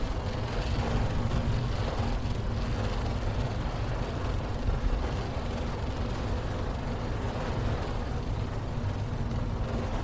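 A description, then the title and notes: Rain falls on the roof of a car while driving, heard from inside. A steady, dense low engine and road rumble runs throughout with a faint hum, and a soft patter of rain spreads above it, fairly even for the whole ten seconds. Driving in the rain. Solf thunder. Inside car Ambience. Rain on car roof.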